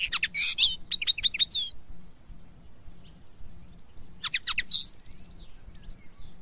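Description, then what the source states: Linnet twittering in two bursts of quick chirps and a buzzy note, separated by a quiet stretch, over a faint low background hum. Song intended for teaching young birds to sing, recorded summer 2017.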